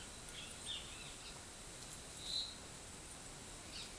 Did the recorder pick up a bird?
no